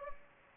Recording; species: mosquito wingbeat signal from an infrared sensor; Anopheles gambiae